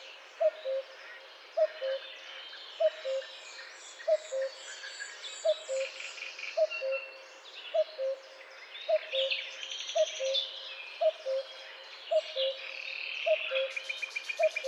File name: Coucou gris